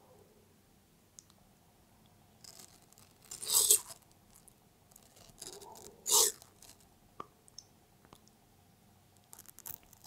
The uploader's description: PET TORTOISE EATING CORONAVIRUS WATERMELON